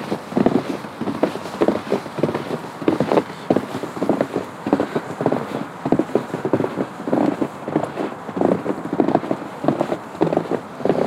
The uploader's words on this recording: Falling Snow on the Shoreline Trail (Sandy Hansen Shoreline Orange Trail, Millennium Park). The quietness of snow while passing a few animals, hikers, and cars along the Sandy Hansen Shoreline Orange Trail.